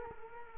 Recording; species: mosquito wingbeat signal from an infrared sensor; Culex quinquefasciatus